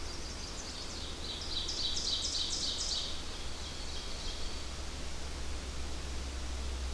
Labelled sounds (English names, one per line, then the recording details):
Ovenbird song
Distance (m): 35 m
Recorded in boreal forest in Alberta, Canada, on 8 June 2016 at 06:06
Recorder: SongMeter 3, array SBT-3-9
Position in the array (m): 51 m, 108 m
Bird 33